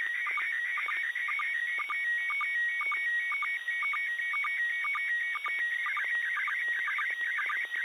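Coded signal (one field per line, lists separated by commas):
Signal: SSTV (slow-scan television)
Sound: high warbling tone jumping between pitches, with regular brief low blips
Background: radio static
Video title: Pase ISS SSTV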